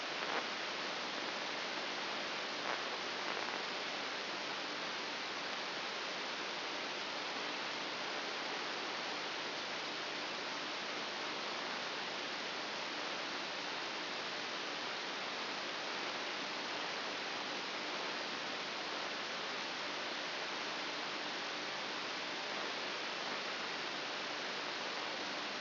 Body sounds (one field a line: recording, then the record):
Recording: brain microelectrode recording played as sound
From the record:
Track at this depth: outside the subthalamic nucleus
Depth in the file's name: 7.001 mm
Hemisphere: right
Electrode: 2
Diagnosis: Parkinson's disease